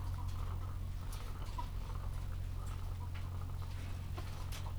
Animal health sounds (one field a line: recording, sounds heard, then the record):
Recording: poultry house recording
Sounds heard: sick chickens (respiratory disease)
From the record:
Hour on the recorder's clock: 14